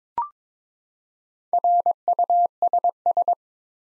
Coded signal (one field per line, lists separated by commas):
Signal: Morse code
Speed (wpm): 22 wpm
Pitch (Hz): 700 Hz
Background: none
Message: RUSS